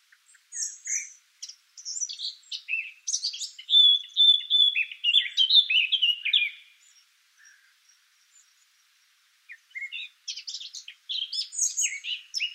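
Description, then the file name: Eurasian blackcap warbling song with a sustained whistled phrase in the middle, a quiet pause, then further chattering warble. "Sylvia atricapilla"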